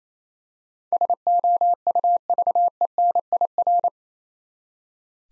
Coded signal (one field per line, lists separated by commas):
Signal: Morse code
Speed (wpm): 28 wpm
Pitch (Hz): 700 Hz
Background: none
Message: SOUVENIR